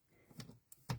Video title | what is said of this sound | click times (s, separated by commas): Inspiration Day Sweet Poppy Stencils | two clicks yep and all of us use equipment differently so again | 0.7 s, 0.9 s